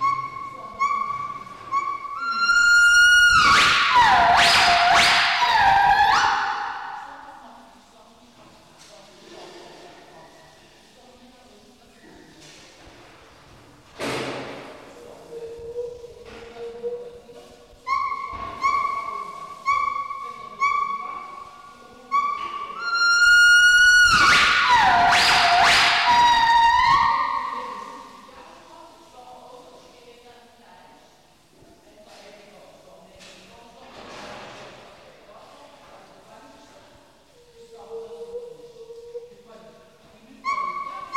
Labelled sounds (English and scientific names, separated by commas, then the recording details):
Northern White-cheeked Gibbon (Nomascus leucogenys)
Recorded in captivity
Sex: male
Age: adult
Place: Zoo Leipzig, Sachsen, DE
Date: 1974-12-13
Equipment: Uher 4200 Report Monitor, Verst., Sennheiser MD 421
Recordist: Tembrock, Günter